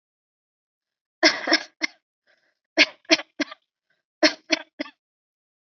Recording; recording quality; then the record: shallow voluntary cough; excellent, no background noise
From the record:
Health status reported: respiratory illness, not identified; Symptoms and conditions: none ticked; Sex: female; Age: 22 years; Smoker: not ticked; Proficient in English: yes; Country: India